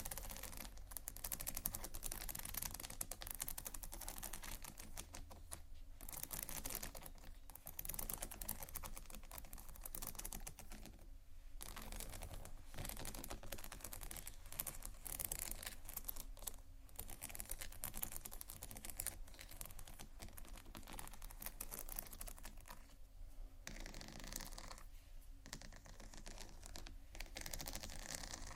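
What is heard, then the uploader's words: Textured bags being tapped and scratched, giving a dense, continuous run of quick clicky taps like rapid typing. The crackle runs almost without pause for the whole clip. Brief gaps fall near 6, 11, 23 and 25 seconds, and a low steady hum sits underneath. ASMR TEXTURED BAGS TAP & SCRATCH (No Talking).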